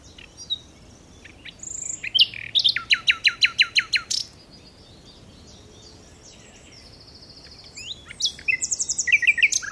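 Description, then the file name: Common nightingale singing: scattered high notes, then a rapid run of about ten repeated downslurred notes, a pause, and a varied phrase ending in a fast series. "Luscinia megarhynchos"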